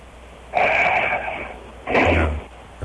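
After a quiet pause of shallow breathing, a sleeping adult man takes two loud, rough gasping breaths as his breathing resumes after an apnea and returns to its rhythm.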